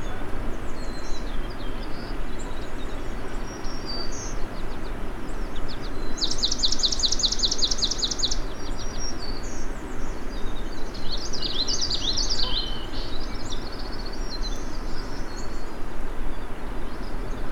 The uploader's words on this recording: After two hours along Crane River, the birdsongs are still very intense. We’ll continue to listen to the migrant warblers and other songbird species, one last listen to the birds of Johnston Harbour.